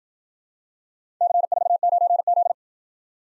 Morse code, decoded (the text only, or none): C49Z